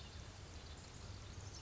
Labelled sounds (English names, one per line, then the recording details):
Pacific Wren
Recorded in Sonoma County, California